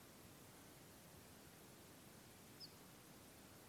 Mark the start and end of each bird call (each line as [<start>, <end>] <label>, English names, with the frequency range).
[2.60, 2.68] Eurasian Coot (4.3-5.3 kHz)